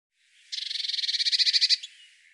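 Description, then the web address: Eurasian blue tit giving a single scolding churr, a fast, buzzy pulsed rattle lasting just over a second, with nothing else audible. "Deverinetal"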